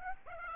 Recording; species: mosquito wingbeat signal from an infrared sensor; Aedes aegypti